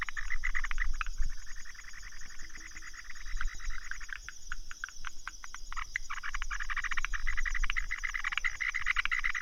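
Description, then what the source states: Frog chorus, fast overlapping pulsed croaks nearly nonstop, dipping briefly midway then swelling again, with a continuous high-pitched insect buzz underneath. Recorded 15 March 2015.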